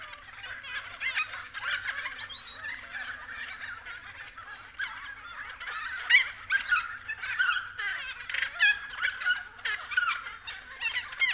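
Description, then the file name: Friarbirds giving harsh, cackling, overlapping calls in a busy chorus, with bursts of chattering notes that grow louder near the middle and continue to the end. Several friarbirds, recorded at 6:30 AM. "BIRD-FRIARBIRDS-N-301111-6 30 AM"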